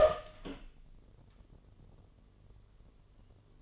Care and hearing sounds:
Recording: daily activity, microphone in the room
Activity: open door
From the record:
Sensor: 4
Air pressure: 1016.1 hPa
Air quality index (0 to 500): 209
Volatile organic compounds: 13 ppm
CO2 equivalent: 2384 ppm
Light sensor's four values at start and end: 8/17/6/5 and 8/17/6/5

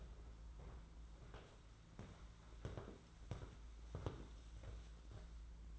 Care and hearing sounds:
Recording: daily activity, microphone in the room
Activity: walk to room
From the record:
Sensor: 3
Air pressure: 992.0 hPa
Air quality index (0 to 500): 226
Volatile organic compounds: 1000 ppm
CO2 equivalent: 7774 ppm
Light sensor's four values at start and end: 25/76/31/26 and 21/62/25/22

